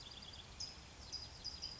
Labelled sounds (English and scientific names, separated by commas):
California Towhee (Melozone crissalis)